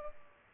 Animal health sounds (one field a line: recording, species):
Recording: mosquito wingbeat signal from an infrared sensor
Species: Culex pipiens